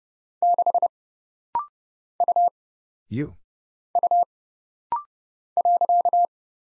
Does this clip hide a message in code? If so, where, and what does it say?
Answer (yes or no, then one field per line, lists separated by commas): yes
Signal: Morse code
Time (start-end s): 0.4-6.3 s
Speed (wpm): 29 wpm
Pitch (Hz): 700 Hz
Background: none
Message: 6 U U .